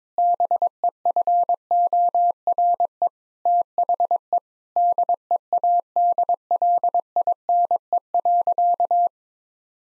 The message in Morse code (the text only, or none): BEFORE THE DEADLINE.